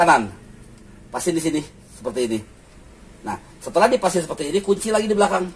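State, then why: Not seated. Someone talks while handling a part on a Martview SP-01 smart screen-protector film cutting machine, getting ready to lock the latch at the back of the machine. Only speech is heard; nothing has seated or clicked yet.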